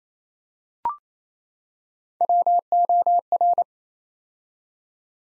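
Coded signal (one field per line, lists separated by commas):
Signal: Morse code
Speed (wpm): 27 wpm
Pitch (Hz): 700 Hz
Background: none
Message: WOR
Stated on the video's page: Build-a-word drill: nine-letter words copied three letters at a time at 28 wpm.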